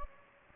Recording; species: mosquito wingbeat signal from an infrared sensor; Anopheles gambiae